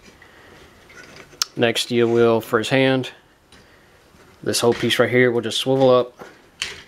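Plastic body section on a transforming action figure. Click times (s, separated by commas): 6.6 s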